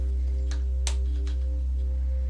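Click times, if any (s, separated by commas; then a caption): 0.9 s. A metal retaining ring on the air shaft assembly of a 2014 RockShox Argyle RCT suspension fork stanchion is pushed in until it snaps into its groove with a sharp bang at 0.9 s, between fainter knocks at 0.5 s and 1.3 s over a steady low hum. The ring is seated, and the shaft can no longer be pulled out.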